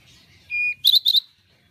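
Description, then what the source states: Pied bushchat phrase: one steady thin whistle followed by two quick buzzy, scratchy notes, all within a second. Masteran (song-tutor) recording of the bird called decu.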